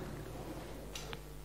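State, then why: Not seated. A locking nut on the back of a hybrid and electric vehicle trainer table is undone and done up again so it can turn and lock into the aluminium extrusion profile slot. Two brief sounds are heard at about 1.0 s and 1.1 s over a steady low hum. The clip ends before the part goes home, so nothing has seated or locked yet.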